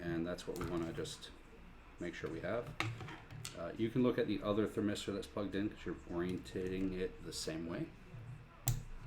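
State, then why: Seated. Someone talks while lining up a keyed wiring connector by its notch and plugging it into its socket on a Prusa Mini 3D printer's control board. A short, sharp click is heard at 8.7 s as the connector seats.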